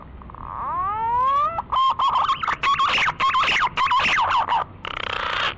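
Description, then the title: Green pigeon call: several stacked whistles sweep upward, then break into a long series of loud, warbling, modulated whistled notes with brief pauses. Lure call used to attract green pigeons. "Pikat Burung Punai"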